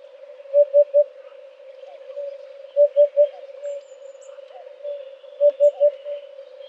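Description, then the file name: Eurasian hoopoe calling three low triple hoots about two and a half seconds apart, with a steady hum beneath. "huppe fasciee"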